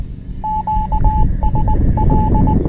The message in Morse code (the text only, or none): QSL